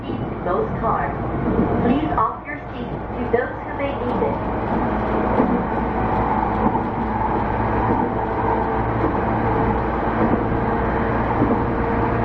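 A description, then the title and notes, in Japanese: A train on the Narita Line runs along between distant stations, its motor droning steadily with a low rumble and a sustained whine in the middle range. Voices talk over the first few seconds, then the ride noise continues evenly to the end. JRE231系 成田〜我孫子。常磐線直通電車の成田線区間で録音している。成田線は駅間が長いため、モーターの高鳴りが激しくなっている。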